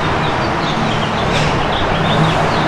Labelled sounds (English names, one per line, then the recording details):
House Finch song
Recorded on Long Island, New York, on 15 June 2012
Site WI
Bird A